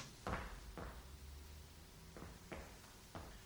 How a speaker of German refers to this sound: Aber geht, du schaust nicht hin, wenn ich das Weihnachtszimmer schnell aufsperre.